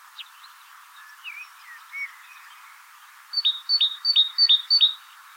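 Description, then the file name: Great tit: scattered soft chirps and slurred notes, then a run of five sharp two-note phrases, each a high note dropping to a lower one, briskly repeated. "Parus major"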